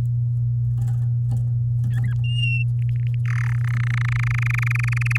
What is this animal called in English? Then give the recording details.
Domestic Canary. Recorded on 11 May 2018 at 05:32. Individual llb16